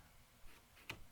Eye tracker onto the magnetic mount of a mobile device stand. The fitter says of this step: It will snap into place.